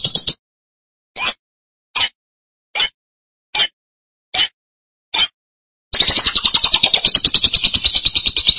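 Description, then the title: Lovebird calls: seven short chirps, then a rapid, high, buzzy chattering trill. "BM Suara Burung Lovebird"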